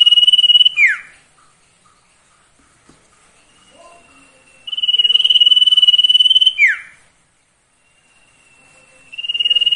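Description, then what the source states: Sirtu song: long, fast, buzzy trills on one high pitch, each ending in a sharp downward sweep, repeated with long pauses between phrases. Masteran training audio for cage birds, with the full range of song variations.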